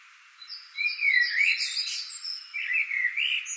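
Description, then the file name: Common blackbird singing a fluty warbled phrase with high twittering above it, then a second mellow phrase. "Turdus merula"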